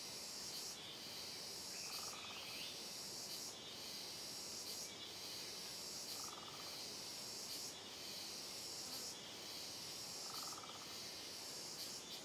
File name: Coro de Cigarras em Trilha de Mata Fechada Reverberando